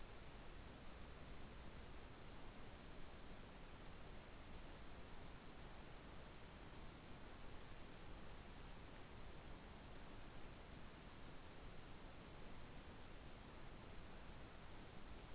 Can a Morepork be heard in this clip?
no